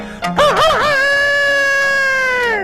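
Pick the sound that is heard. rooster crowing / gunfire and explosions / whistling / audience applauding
rooster crowing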